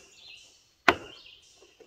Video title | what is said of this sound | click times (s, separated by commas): F-150 Bumper Installation | my fingers because this one's not rusty hear it click | 0.9 s